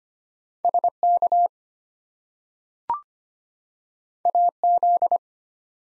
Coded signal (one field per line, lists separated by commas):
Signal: Morse code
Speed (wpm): 25 wpm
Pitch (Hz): 700 Hz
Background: none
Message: SK AZ